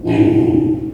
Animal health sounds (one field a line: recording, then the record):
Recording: squeal of a Yucatan mini pig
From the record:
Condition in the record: before surgery on the right vocal fold (resection and tissue-engineered implant)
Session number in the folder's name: 1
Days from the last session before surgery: -21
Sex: female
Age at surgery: 19 weeks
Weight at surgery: 25 kg